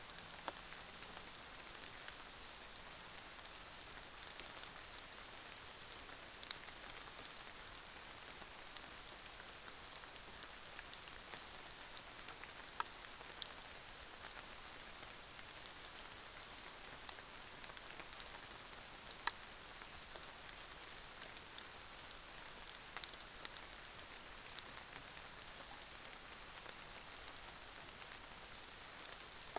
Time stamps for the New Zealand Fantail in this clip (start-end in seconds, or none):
none